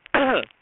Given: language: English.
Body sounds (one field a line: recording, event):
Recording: throat vibration sensor signal played as sound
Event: cough